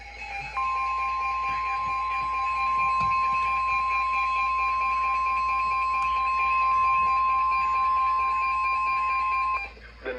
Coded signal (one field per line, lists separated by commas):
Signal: Emergency Alert System (SAME) tones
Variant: 1050 Hz attention tone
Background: music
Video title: EAS #781-810 (6/18 & 6/19/21)